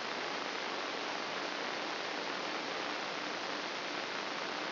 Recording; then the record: brain microelectrode recording played as sound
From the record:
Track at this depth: inside the subthalamic nucleus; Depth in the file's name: 3.566 mm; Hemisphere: left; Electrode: 3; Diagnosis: Parkinson's disease